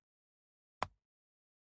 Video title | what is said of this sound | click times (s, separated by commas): BUILD The 1967 MUSTANG ELEANOR From GONE IN 60 SECONDS In 1:8 Scale - Fanhome - Pack 56 | you can hear it just click in place | 0.8 s